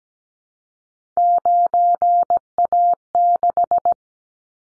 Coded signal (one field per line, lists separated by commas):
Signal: Morse code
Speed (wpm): 17 wpm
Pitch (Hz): 700 Hz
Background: none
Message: 9A6